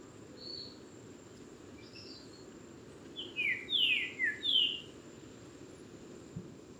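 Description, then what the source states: Lesser Antillean Saltator song, a few thin high notes followed by a phrase of several loud, clear, slurred whistles, over a steady carpet of crickets. Guadeloupe, November, rainy and storm season, surprising to hear now; one of the island's most beautiful songs; lives in large woods.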